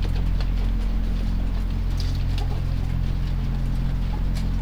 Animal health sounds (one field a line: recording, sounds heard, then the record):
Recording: poultry house recording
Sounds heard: healthy chickens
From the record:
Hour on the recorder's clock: 3